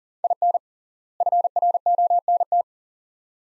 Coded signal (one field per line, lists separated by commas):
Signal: Morse code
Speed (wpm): 39 wpm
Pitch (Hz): 700 Hz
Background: none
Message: IN FRONT